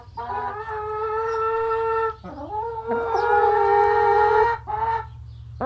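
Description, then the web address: Chicken giving two long, drawn-out calls, each about two seconds, with shorter sounds between and after, over a low steady hum. Highliner Brown chicken breed; long clucking. "bird chicken highliner brown cluck long"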